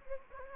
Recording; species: mosquito wingbeat signal from an infrared sensor; Anopheles gambiae